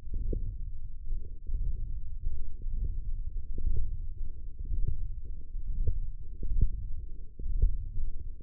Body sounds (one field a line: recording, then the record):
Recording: forearm muscle sounds (acoustic myography)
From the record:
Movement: radial deviation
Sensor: system 1, eight BSWA MPA416 microphones around the upper forearm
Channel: 6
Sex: male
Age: 21 years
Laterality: right